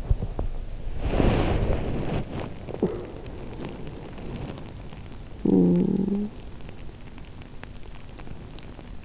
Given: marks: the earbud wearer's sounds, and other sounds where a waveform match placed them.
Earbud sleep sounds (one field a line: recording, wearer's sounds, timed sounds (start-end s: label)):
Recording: sounds in sleep by an in-ear microphone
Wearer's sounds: body movement, talking in sleep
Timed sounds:
0.00-5.39 s: body movement
5.39-6.29 s: talking in sleep
6.29-9.05 s: sound from someone else or the room